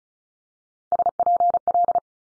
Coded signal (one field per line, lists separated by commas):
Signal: Morse code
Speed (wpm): 36 wpm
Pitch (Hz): 700 Hz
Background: none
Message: SPL